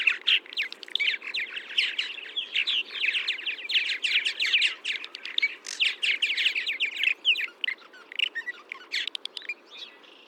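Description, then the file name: Purple martin chattering: dense bursts of gurgling, chirpy notes tumbling over one another with brief pauses, steady throughout and fading toward the end. "Progne subis"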